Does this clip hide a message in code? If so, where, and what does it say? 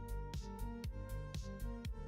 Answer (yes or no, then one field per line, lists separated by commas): no